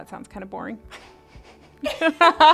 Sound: laughter